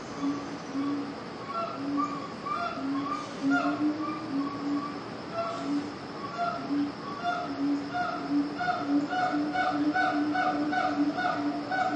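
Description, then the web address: Gibbon howl with hoots repeated about once a second, paired low and higher tonal notes in a steady, slightly uneven rhythm throughout. Zoo ambience recorded at the monkey cage, gibbons howling. "SFXBible ambience-zoo-monkey-cage-gibbons-howl"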